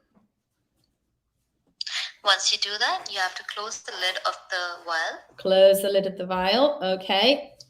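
A snap lid on a plastic test sample vial is being handled and closed while someone talks throughout. The clip ends before the part goes home, so nothing has seated or clicked yet.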